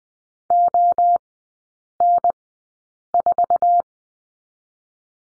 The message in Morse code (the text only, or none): O N 4